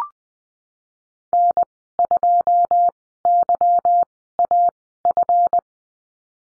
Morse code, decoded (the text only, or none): N2YAF